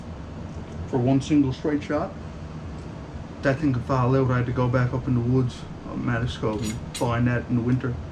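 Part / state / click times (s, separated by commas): folding bayonet on an SKS rifle / not seated / none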